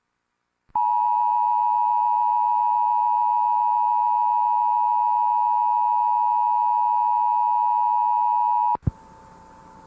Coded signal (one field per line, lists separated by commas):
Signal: Emergency Alert System (SAME) tones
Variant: 853 and 960 Hz attention tone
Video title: Watermark | EAS - What if EAS Alerts were activated during 9/11?